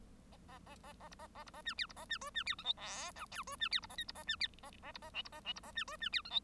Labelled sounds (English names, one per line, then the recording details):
Bengalese Finch song
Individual Bird1